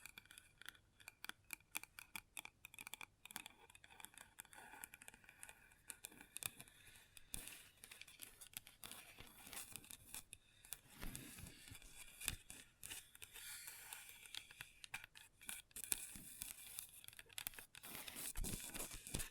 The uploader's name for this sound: Table Tapping & Scratching with Long Nails